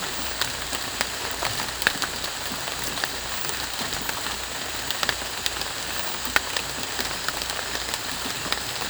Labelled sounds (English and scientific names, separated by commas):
none